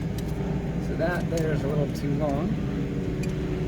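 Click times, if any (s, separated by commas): 3.2 s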